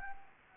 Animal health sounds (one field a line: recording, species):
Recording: mosquito wingbeat signal from an infrared sensor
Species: Anopheles gambiae